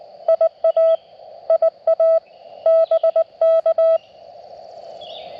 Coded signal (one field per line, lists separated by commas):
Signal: Morse code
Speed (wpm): 19 wpm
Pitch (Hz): 1310 Hz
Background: none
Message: IA IA BK